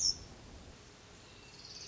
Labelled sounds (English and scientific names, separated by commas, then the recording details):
Pacific Wren (Troglodytes pacificus)
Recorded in Sonoma County, California